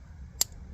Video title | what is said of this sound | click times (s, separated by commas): Cadillac CTS 03-07 Android Apple CarPlay Tesla screen install | clip it in, make sure you hear the click. | 0.4 s